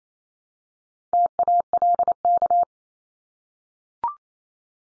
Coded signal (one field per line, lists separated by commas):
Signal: Morse code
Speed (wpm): 28 wpm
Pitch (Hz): 700 Hz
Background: none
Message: TALK